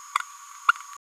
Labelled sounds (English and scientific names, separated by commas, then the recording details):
Green-rumped Parrotlet (Forpus passerinus) babbling
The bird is a male
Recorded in a nest box in Venezuela
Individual 17B102A4